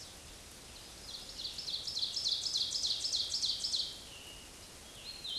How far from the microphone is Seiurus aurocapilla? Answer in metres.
about 25 m